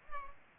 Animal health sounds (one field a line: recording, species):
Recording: mosquito wingbeat signal from an infrared sensor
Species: Culex pipiens